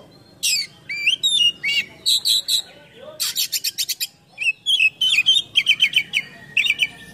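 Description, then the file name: Oriental magpie-robin pouring out mixed phrases: upslurred whistles, harsh scratchy bursts, and quick repeated clear notes in short runs. Bird in full song condition (gacor), with song packed with imitations of other birds (full isian). "KACER GACOR FULL ISIAN MEWAH"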